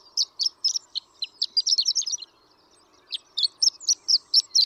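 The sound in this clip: Horned lark giving high, sparkling chirps and twitters in quick clusters, pausing briefly midway before continuing, over a faint steady hum.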